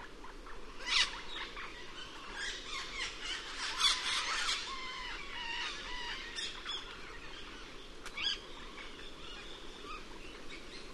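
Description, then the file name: Cuban amazon calls: irregular harsh squeals and chattering squawks, clustered in the first half, with scattered sharp notes later over a hissy background. "cuban parrot"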